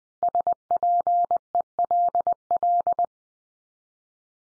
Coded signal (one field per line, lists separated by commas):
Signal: Morse code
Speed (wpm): 20 wpm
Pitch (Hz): 700 Hz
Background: none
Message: SPELL